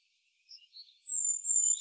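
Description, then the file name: Great tit calling with a drawn-out, very high, thin whistle lasting most of a second, after a few quiet chirps, ending with an abrupt louder sound. "Parus major"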